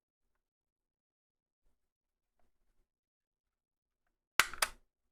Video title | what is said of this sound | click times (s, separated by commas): Teardowns: Looking at a Bug-a-Salt 3.0 | there we go just snaps into place | 4.4 s